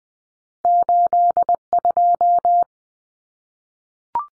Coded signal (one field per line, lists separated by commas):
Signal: Morse code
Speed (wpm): 20 wpm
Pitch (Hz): 700 Hz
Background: none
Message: 82